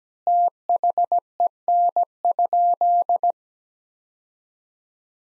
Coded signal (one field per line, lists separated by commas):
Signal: Morse code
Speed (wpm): 17 wpm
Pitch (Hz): 700 Hz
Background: none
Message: THEN?